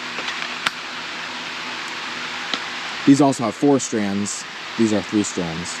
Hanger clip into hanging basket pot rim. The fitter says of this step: got like that satisfying click when it pops in.